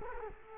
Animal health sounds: mosquito wingbeat signal from an infrared sensor; Culex quinquefasciatus

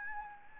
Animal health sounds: mosquito wingbeat signal from an infrared sensor; Anopheles gambiae

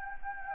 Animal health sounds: mosquito wingbeat signal from an infrared sensor; Anopheles gambiae

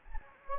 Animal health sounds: mosquito wingbeat signal from an infrared sensor; Anopheles gambiae

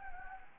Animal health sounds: mosquito wingbeat signal from an infrared sensor; Anopheles gambiae

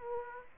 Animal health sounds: mosquito wingbeat signal from an infrared sensor; Aedes aegypti

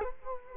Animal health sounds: mosquito wingbeat signal from an infrared sensor; Culex quinquefasciatus

